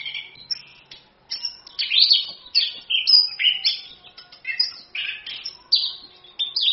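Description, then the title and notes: Orange-headed thrush pouring out rapid varied song, rich whistled slurs and chattering notes following one another almost without pause. Used as a lure and tutor to prompt thrushes to sing; song described as gacor (vigorous) and ngerol (continuous rolling). "ANIS KEMBANG GACOR, ANIS KEMBANG NGEROL, PANCINGAN ANIS KEMBANG BIAR BUNYI. Masteran Anis Kembang"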